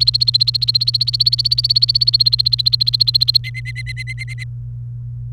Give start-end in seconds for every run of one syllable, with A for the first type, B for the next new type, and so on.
0.00-3.37 A, 3.44-4.44 B